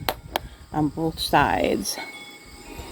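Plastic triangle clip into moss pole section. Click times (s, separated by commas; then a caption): 0.1 s, 0.4 s. Small triangular plastic tabs on a moss pole section are squeezed together until they click into the mating piece, one on each side. Two sharp clicks sound at 0.1 s and 0.4 s, and then someone talks. Both tabs are seated.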